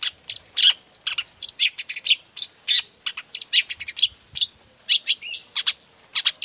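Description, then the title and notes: Long-tailed shrike song, a dense run of sharp high chattering and squeaky notes delivered rapidly and continuously, varied and scratchy throughout. Morning song of a cendet, used as a lure to make other shrikes of any type reply quickly and open their beaks; varied 'toet toet' voice. "Cendet Gacor Dor Di Kala Pagi Toet Toet Variasi Suara. Cendet Gacor Efektif Pancingan Buat Cendet Jenis Apapun Agar Cepat Nyaut Buka Paruh. Burung cendet"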